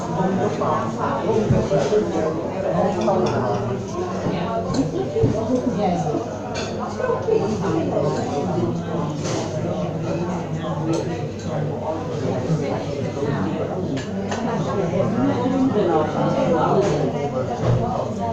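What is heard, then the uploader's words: A busy coffee shop is filled with overlapping chatter from many people, a steady, dense murmur of voices at fairly even loudness throughout. Sharp little clinks and knocks of cups and dishes pop up now and then over the crowd's hum. Coffee Shop In Brighouse. The coffee shop was busy today!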